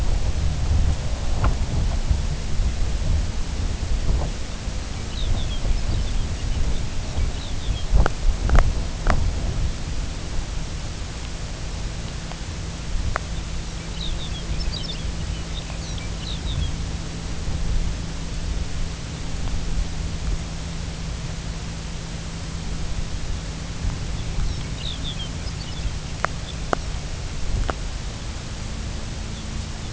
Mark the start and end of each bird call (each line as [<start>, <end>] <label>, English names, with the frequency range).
[5.04, 7.89] Lapland Longspur (2.4-6.0 kHz)
[13.61, 16.73] Lapland Longspur (2.0-7.1 kHz)
[24.34, 27.00] Lapland Longspur (2.2-6.5 kHz)
[29.27, 29.45] Lapland Longspur (3.1-3.9 kHz)
[29.77, 29.93] Lapland Longspur (3.2-4.0 kHz)